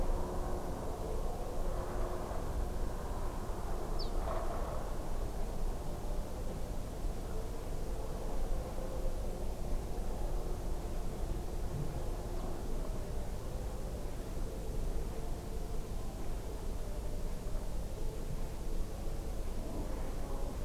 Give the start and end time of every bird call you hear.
3.99s-4.10s: Ortolan Bunting
12.36s-12.42s: Ortolan Bunting

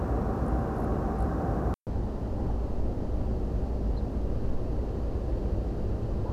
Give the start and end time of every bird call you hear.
3.96s-4.01s: Ortolan Bunting

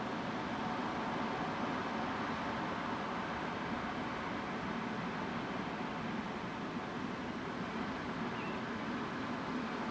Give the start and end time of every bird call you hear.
8.34s-8.56s: Common Ringed Plover

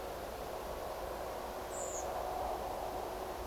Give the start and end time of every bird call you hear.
1.70s-2.04s: Redwing

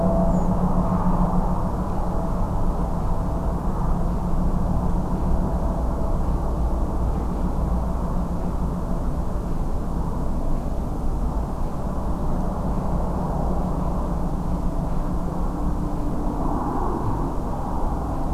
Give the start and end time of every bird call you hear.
0.29s-0.47s: Redwing

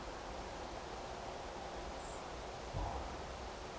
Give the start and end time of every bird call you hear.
1.97s-2.23s: Common Blackbird

